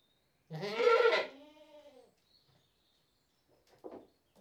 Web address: BBC Sound Effects Library. One British Saanen Goat Bleating